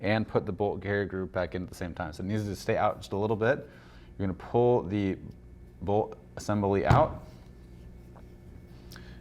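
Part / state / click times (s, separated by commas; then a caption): bolt carrier group into rifle upper receiver / not seated / none. While reassembling the upper receiver of an FN M4 Carbine (Collectors Series), the bolt assembly is pulled partly out of the metal bolt carrier group before the carrier group goes back into the receiver. Someone talks through most of the clip, followed by only small, faint handling taps around 8.2 s and 9.0 s. Nothing has seated or clicked yet.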